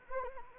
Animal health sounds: mosquito wingbeat signal from an infrared sensor; Anopheles arabiensis

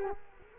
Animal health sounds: mosquito wingbeat signal from an infrared sensor; Culex quinquefasciatus

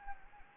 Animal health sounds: mosquito wingbeat signal from an infrared sensor; Anopheles gambiae

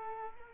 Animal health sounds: mosquito wingbeat signal from an infrared sensor; Culex quinquefasciatus

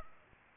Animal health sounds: mosquito wingbeat signal from an infrared sensor; Culex pipiens

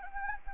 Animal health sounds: mosquito wingbeat signal from an infrared sensor; Anopheles gambiae

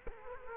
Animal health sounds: mosquito wingbeat signal from an infrared sensor; Culex quinquefasciatus

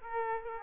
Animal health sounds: mosquito wingbeat signal from an infrared sensor; Aedes aegypti

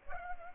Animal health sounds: mosquito wingbeat signal from an infrared sensor; Culex pipiens

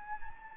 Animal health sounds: mosquito wingbeat signal from an infrared sensor; Anopheles gambiae

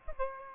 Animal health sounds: mosquito wingbeat signal from an infrared sensor; Aedes aegypti

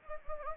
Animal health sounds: mosquito wingbeat signal from an infrared sensor; Anopheles gambiae

